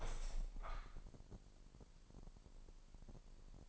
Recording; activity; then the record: daily activity, microphone in the room; open window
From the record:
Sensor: 5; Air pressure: 1000.0 hPa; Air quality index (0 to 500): 249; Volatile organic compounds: 35 ppm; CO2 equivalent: 3062 ppm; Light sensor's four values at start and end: 34/79/32/30 and 34/79/32/30